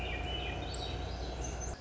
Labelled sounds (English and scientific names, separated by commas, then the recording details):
Swainson's Thrush (Catharus ustulatus)
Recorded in Sonoma County, California